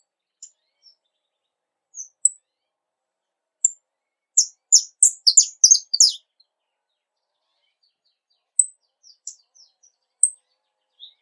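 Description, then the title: Domestic canary song: scattered high single notes, a central flurry of fast bright chirps, then a few more spaced thin notes. Portuguese canary breed. "Kenari Portugis"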